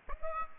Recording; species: mosquito wingbeat signal from an infrared sensor; Aedes aegypti